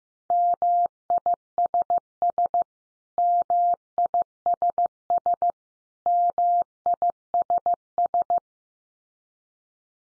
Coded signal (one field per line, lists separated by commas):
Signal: Morse code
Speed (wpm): 15 wpm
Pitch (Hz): 700 Hz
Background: none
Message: MISS MISS MISS